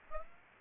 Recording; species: mosquito wingbeat signal from an infrared sensor; Aedes aegypti